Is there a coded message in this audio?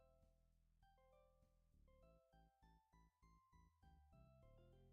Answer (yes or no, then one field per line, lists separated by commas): no